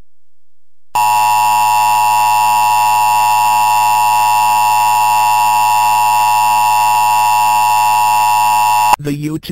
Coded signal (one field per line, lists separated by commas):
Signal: Emergency Alert System (SAME) tones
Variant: 853 and 960 Hz attention tone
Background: speech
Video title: EAS Mycalfelps warning